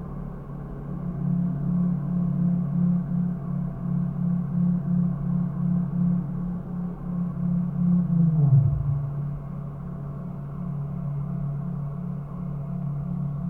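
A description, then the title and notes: A bus runs steadily on the lower deck, its engine holding a low hum with a faint regular pulsing. Around eight to nine seconds the drone sinks briefly in pitch, as if the engine eases, then settles back into the same even running. Bus – Interior – Constant Run, Lower Deck.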